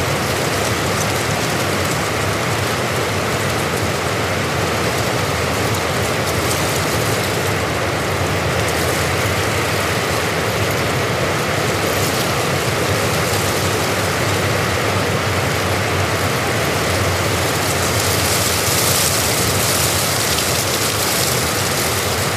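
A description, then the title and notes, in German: Wind on the Hochgern blows as a dense, unbroken rush across the whole clip, with no pauses or separate events. The roar stays level throughout, filled with a low rumble and a bright hiss that swells slightly toward the end. Natur - Wind am Hochgern.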